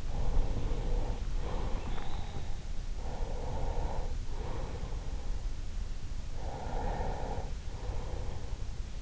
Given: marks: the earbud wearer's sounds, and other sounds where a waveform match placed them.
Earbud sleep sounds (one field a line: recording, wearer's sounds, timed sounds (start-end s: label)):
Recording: sounds in sleep by an in-ear microphone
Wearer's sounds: breath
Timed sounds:
0.17-2.54 s: breath
3.05-5.55 s: breath
5.99-9.02 s: breath